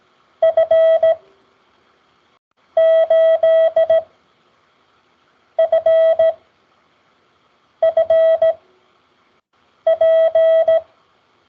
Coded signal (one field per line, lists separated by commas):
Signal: Morse code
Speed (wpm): 17 wpm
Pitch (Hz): 650 Hz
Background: none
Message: F8FFP